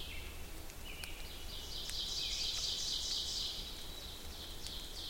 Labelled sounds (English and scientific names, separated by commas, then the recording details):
Ovenbird (Seiurus aurocapilla) song
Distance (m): 45 m
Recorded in boreal forest in Alberta, Canada, on 2 June 2016 at 08:14
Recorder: SongMeter 3, array SBT-3-7
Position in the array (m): 23 m, 135 m
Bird 4